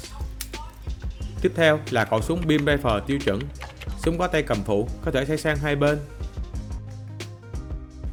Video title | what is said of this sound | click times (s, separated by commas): Freedom Concept 2 Snow Sparkle Ver Hàng sự kiện Tamashii Nation 2023 | Phần bắt bạc được lắp vào hốc sau lưng của Freedom, khi ấn vào sẽ nghe tiếng tách, lúc đó đã vào khớp. | 0.4 s